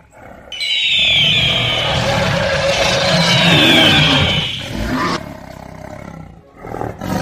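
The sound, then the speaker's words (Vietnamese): A loud, sustained tiger roar mixed with other wild beasts bellowing, a rough, growling wall of sound lasting about five seconds before dropping to quieter rumbling. The beasts, including the Hoa Tinh Man Hổ tiger and the Hoàng Kim Mãng python, are roaring with joy. “Nghe vậy, Ngân Linh Yêu Điệp, U Minh Thử, Hoàng Kim Mãng, Hoa Tinh Man Hổ mừng rỡ mà gào thét.”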